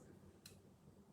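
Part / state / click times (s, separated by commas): folding masher head into its locked position on the handle / seated / 0.5 s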